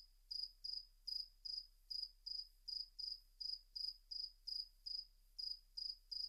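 Cricket chirps, bright high pulses repeated roughly two or three times a second, evenly spaced, otherwise quiet.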